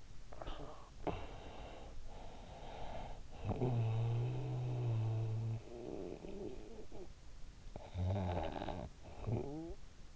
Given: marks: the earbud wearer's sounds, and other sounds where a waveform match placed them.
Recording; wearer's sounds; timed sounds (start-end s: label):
sounds in sleep by an in-ear microphone; breath, snoring breath
0.00-1.99 s: breath
1.99-7.25 s: snoring breath
7.42-10.16 s: snoring breath